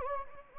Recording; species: mosquito wingbeat signal from an infrared sensor; Anopheles gambiae